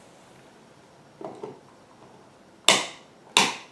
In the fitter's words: properly connect the camera you need to hear a snapping sound on both the left and right side of the camera